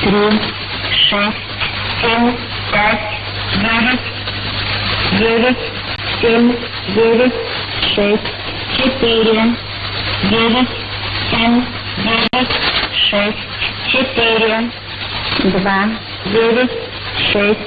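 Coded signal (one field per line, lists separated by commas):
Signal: numbers station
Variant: S06s Russian Lady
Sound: female voice reading Russian digits one by one, evenly paced, over a low hum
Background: radio hum and static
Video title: 27 09 2017 Numbers station S06s Russian Lady in Russian to Eu 0830 on 9255 unknown tx site in CUSB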